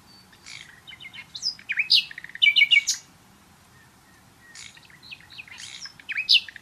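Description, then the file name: Common nightingale song with two bursts of varied notes, sharp clicks and fast trills, separated by a short pause. "Luscinia megarhynchos"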